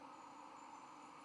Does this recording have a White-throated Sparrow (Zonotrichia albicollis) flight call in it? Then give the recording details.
no. No flight call is heard. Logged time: 06:29 on 5 November 2014